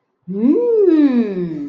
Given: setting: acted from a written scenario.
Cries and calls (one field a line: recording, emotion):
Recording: vocal sound without words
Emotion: desire